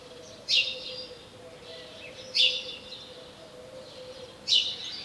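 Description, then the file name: House sparrow giving three short, harsh chirps spaced about two seconds apart, over a faint steady low hum. "Passer domesticus"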